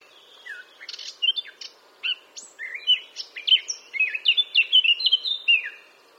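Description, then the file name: Eurasian blackcap song: a quiet, scratchy warble that builds into loud, clear fluting whistles, rich and varied, over about five seconds. "Sylvia atricapilla"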